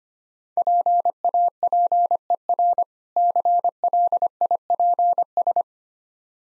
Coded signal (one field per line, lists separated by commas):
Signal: Morse code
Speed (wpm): 25 wpm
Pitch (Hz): 700 Hz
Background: none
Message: PAPER CLIPS